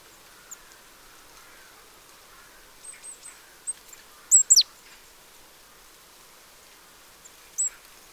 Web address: pub SETE data Parus major